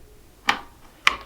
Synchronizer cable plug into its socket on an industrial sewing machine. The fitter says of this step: Anyway, you'll hear it click,